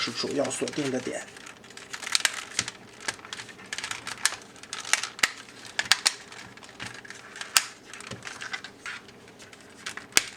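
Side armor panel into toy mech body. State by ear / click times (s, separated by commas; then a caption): seated / 2.1 s, 4.9 s, 5.9 s, 6.1 s, 7.6 s, 10.2 s. Someone talks at the start while the side armor panel of a Taiqu 055 Nanchang "Xuanchi" transforming ship-mech toy is pressed into the mech body at its main locking points. The panel gives a series of sharp plastic snaps at 2.2, 4.9, 5.9, 6.1, 7.6 and 10.2 seconds. The side is fully pressed closed and the panel now latches firmly.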